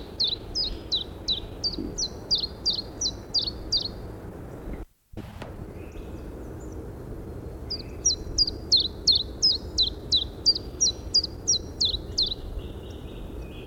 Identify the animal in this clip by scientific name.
Phylloscopus collybita